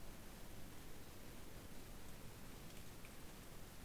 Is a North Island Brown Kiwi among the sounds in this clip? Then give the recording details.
no. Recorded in New Zealand on 7 January 2015. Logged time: 23:58. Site BX23